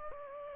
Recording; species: mosquito wingbeat signal from an infrared sensor; Aedes aegypti